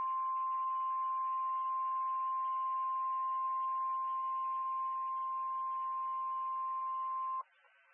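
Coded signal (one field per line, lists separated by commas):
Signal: Emergency Alert System (SAME) tones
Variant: 1050 Hz attention tone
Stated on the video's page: Severe thunderstorm warning from a NOAA weather radio station in Indianapolis.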